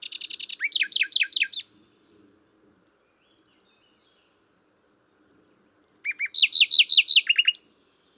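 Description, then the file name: Common nightingale song with quick bursts of sharp descending notes repeated in series, a quiet gap with a thin whistle, then another loud rapid phrase. "Luscinia megarhynchos"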